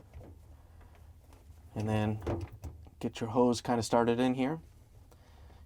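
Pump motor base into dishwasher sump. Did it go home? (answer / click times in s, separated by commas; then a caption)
no / none. A Whirlpool/KitchenAid/Maytag WPW10510667 pump motor base is handled at a dishwasher sump, with its two alignment points lined up and the hose started into place before the base is turned to lock. Faint handling taps come at about 0.1, 1.0 and 1.3 seconds while someone talks. Nothing has seated or clicked yet.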